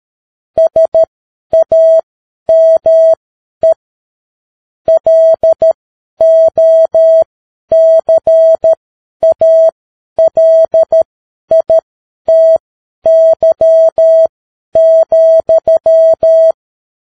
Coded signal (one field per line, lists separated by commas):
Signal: Morse code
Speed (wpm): 13 wpm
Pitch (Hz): 650 Hz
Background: none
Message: SAME LOCALITY,